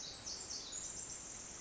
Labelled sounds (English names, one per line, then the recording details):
Pacific Wren
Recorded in Sonoma County, California